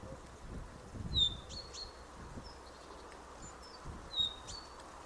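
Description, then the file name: Common chaffinch calls: sharp, high, brief notes in two groups, near one and a half seconds and near four seconds, over low rumbling noise. "Fringilla coelebs"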